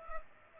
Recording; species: mosquito wingbeat signal from an infrared sensor; Culex pipiens